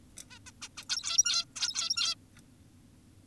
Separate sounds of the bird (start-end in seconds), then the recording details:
0.30-0.39, 0.46-0.51, 0.62-0.68, 0.78-0.84, 0.90-1.45, 1.56-2.15. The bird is an adult. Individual g17y2U